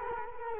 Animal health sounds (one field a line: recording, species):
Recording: mosquito wingbeat signal from an infrared sensor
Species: Culex quinquefasciatus